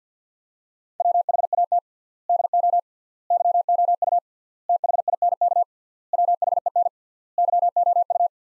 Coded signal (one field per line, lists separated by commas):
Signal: Morse code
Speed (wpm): 50 wpm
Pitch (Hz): 700 Hz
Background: none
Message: WHAT DO YOU THINK WHEN YOU